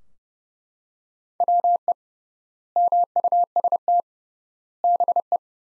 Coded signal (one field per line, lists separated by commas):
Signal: Morse code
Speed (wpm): 32 wpm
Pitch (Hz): 700 Hz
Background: none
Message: WE MUST BE